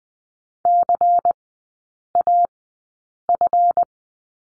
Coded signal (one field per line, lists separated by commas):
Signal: Morse code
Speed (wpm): 20 wpm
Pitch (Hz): 700 Hz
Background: none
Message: CAF